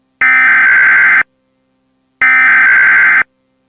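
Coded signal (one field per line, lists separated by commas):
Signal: Emergency Alert System (SAME) tones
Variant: header bursts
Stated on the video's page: EAS alert carried on a cable system.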